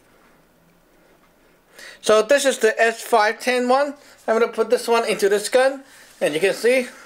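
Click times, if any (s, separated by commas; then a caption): none. An S510 rotary magazine is handled at the breech of an Air Arms S510 TC .22 calibre FAC PCP air rifle while someone talks, with a brief handling sound at about 1.8 s. Nothing has seated or clicked yet; the magazine is not home by the end of the clip.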